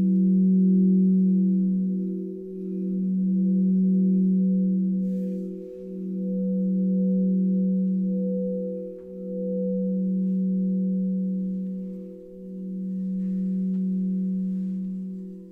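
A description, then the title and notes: Singing bowls hum with a sustained, layered low tone, several pitches stacked and gently wavering. The sound swells and dips in a slow, regular cycle about every three seconds, never fully fading. A few faint clicks and ticks appear around five and nine seconds. This is a simple recording I made playing my singing bowls, looped to create 90 minutes of sound for you.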